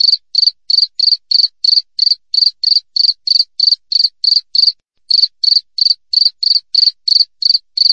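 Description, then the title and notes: Cricket chirping rhythmically, short high trilled chirps evenly spaced, with one pause midway. Clear natural cricket sound with tightly spaced chirps, intended as a master recording for training songbirds and for repelling rats. "Masteran Jangkrik Alam Jernih, Jeda Rapat Cocok Untuk Masteran Burung Dan Mengusir Tikus. suara jangkrik"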